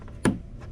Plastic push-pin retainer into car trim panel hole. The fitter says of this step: push it down locks into place super easy once you learn how to use these things